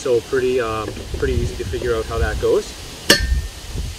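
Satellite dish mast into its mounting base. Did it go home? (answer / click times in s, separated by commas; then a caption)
yes / 3.1 s. A satellite dish mast is pushed into its plastic base, guided by a notch, while someone talks. One sharp click is heard at 3.1 seconds as the mast seats in the base.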